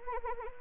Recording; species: mosquito wingbeat signal from an infrared sensor; Anopheles arabiensis